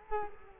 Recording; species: mosquito wingbeat signal from an infrared sensor; Culex quinquefasciatus